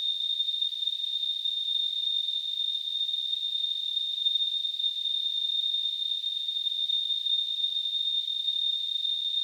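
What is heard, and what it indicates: A steady, piercing high-pitched tone sits over a faint hiss and holds unchanged for the whole clip, with no pauses or pulsing. This is a simulation of tinnitus, the ringing a person hears without any outside sound.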